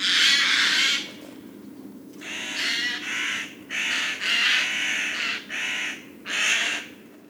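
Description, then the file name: Eurasian Jay giving harsh, rasping screeches: one long screech followed by a rapid series of several shorter harsh calls, with a steady low hum behind. "Garrulus glandarius"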